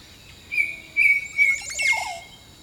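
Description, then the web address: Bird song: three loud, level whistled notes about half a second apart, followed by a rapid jumble of falling, slurred notes, over a steady high insect drone. Jungle birdsong. "Echoes of Nature - Jungle Talk Jungle Birdsong"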